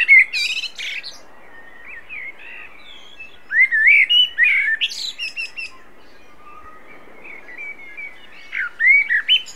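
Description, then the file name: Common blackbird singing mellow, fluty whistled phrases that break into high, scratchy twitters, delivered in bursts separated by short pauses over a soft background hiss. "Turdus merula"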